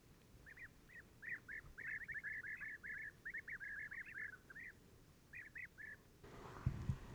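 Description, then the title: European bee-eaters calling together, many soft trilled notes overlapping in a busy chorus, followed by a burst of low rumbling noise at the end. Pre-migration gathering at an evening roost in a very large acacia, recorded in the evening and at morning waking, Oasis Mayateg, Adrar, Mauritania, 22 February 2019, Tlp7 and MixPre 3. "Dortoir de Guêpier d'Europe - Mauritanie"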